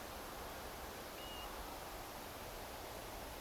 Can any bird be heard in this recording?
yes